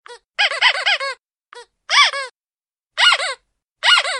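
Duck quacking: a quick run of several nasal, buzzy quacks, then single and paired quacks at intervals of about a second, with silence between.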